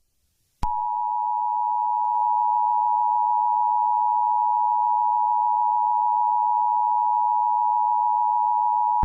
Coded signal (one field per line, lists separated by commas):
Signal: Emergency Alert System (SAME) tones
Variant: 853 and 960 Hz attention tone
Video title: The Birth of the Blood Moon Hero: An EAS Scenario with a Twist of Comedy (Read in Description)